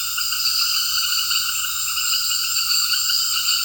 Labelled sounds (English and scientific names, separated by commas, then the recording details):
none
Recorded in secondary vegetation near Puerto Asís, Putumayo, Colombia, on 18 February 2024 at 18:30
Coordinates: 0.481, -76.323
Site G6376